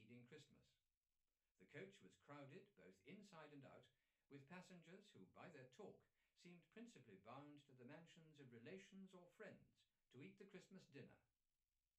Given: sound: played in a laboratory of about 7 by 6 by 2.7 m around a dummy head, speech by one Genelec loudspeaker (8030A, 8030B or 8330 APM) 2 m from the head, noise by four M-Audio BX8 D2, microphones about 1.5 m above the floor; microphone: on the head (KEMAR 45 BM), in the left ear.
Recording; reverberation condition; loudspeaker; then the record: male speech in English; low; 90 degrees to the right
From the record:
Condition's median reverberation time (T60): about 310 ms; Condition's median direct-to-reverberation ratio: about 3.5 dB